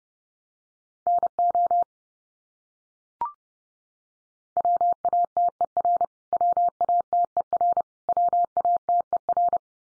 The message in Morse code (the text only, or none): NO WATER WATER WATER